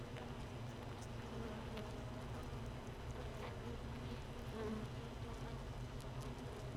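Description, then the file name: Honey bees humming as a hive, a dense steady low drone with stacked tonal bands and a few faint ticks above. Hive 1 with no queen, recorded 31 May 2018 at 15:30. "Hive 1 31 05 2018 NO Queen Bee H 1"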